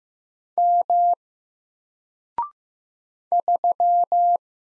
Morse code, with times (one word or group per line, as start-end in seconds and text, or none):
0.6-1.1 M
3.3-4.4 3